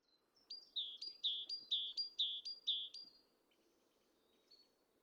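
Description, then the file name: Great tit delivering one bout of several rhythmic two-note phrases, high then lower, followed by faint thin notes over a low background hum. "Parus major"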